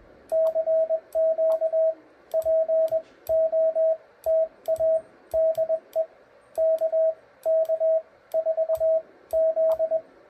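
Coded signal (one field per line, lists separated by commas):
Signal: Morse code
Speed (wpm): 21 wpm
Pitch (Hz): 640 Hz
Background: radio noise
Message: CQ POTA DE KK4Z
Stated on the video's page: Recording of one's own CW sending for learning, checking character and word spacing.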